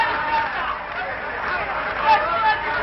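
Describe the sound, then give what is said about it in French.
A dense crowd chatters continuously at an auction of pious relics at the Ghriba sanctuary, bids crossing and banknotes flying, many overlapping voices blending into a steady, even babble with a few slightly louder exclamations rising above the murmur near the end. “La foule se dispute ses pieuses reliques au plus offrant. Les enchères se croisent, les billets de banque volent.”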